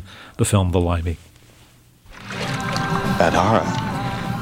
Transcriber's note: soundbite of splashing water